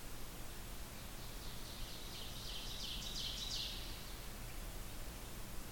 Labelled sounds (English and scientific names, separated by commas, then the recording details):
Ovenbird (Seiurus aurocapilla) song
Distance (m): 70 m
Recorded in boreal forest in Alberta, Canada, on 16 June 2016 at 05:32
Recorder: SongMeter 3, array SBT-3-32
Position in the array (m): 103 m, 141 m
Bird 37